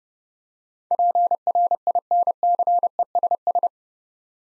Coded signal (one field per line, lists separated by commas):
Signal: Morse code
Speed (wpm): 30 wpm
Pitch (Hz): 700 Hz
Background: none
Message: PRINCESS